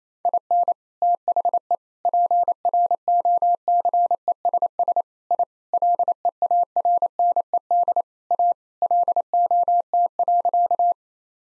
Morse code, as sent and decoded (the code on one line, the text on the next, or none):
.. -. / - .... . / .--. .-. --- -.-. . ... ... / .. / .-.. . .- .-. -. . -.. / .- / .-.. --- - .-.-.-
IN THE PROCESS I LEARNED A LOT.